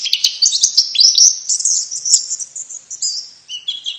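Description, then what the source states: White-eye producing a run of high sliding chirps that merges into a thin drawn-out twitter, with a few lower whistled notes at the end. Female bird; Indonesian name pleci.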